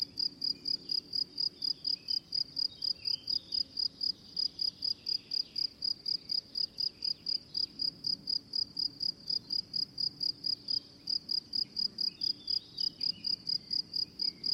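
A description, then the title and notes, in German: An afternoon on the Hesselberg, filled with a cricket's steady, bright chirping that pulses in quick, regular bursts about three or four times a second without pause. Underneath runs a soft low rumble, and a few faint bird calls drift in now and then. Nachmittag auf dem Hesselberg. Ist einer der Orte, an denen man noch Lärchen hört.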